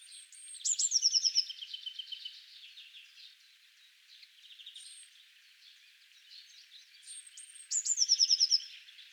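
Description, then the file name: Eurasian blue tit giving two phrases of high, thin notes running into a quick ringing trill. "Cyanistes caeruleus"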